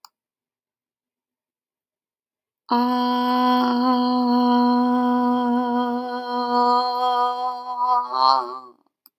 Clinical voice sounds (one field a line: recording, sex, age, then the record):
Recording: vowel held as long as possible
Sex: female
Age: 60 to 69 years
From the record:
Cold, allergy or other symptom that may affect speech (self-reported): no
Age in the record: 62 years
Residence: Colorado, United States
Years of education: 16